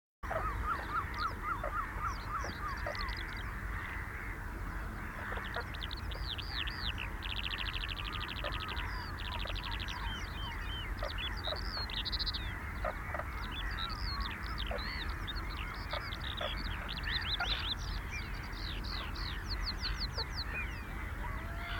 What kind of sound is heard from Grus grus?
call